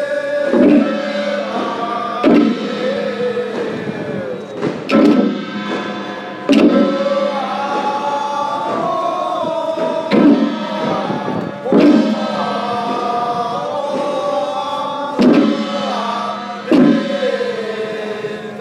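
Ritual chanting for a temple boat-burning ceremony, with voices holding long, steady tones that slide between pitches. A sharp percussive strike lands about every one and a half seconds, keeping a regular pulse under the dense, continuous singing throughout.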